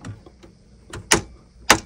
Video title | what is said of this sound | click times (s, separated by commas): Upgrading A HP ProDesk 600 G1 SFF Desktop PC (RAM.SSD.CPU.GPU) | two clips bam that's in and just do the next one | 1.1 s, 1.7 s